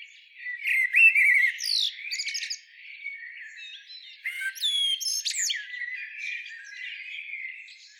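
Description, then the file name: Eurasian blackbird giving flowing whistled song phrases mixed with high, thin squeaks and sliding notes. "Turdus merula"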